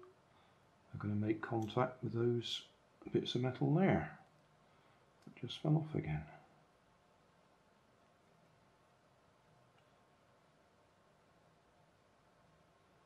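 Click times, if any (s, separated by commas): none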